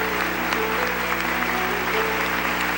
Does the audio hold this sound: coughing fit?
no